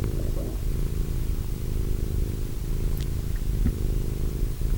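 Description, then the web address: Low, steady cat purring throughout, a continuous throbbing rumble with a few faint soft clicks. Cat named Wilson. "~pelikas CATSOUNDS Wilson Cat"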